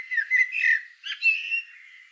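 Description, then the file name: Eurasian blackbird song fragment: two short warbled, fluty phrases in quick succession. "Turdus merula"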